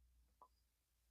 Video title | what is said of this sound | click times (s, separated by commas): UNBOX MY ROPE FLIP LINES AND UPGRADED TOO - KIKOY YOUTUBE TV | Hindi mo na maano 'yan kasi naka-lock na talaga. | 0.4 s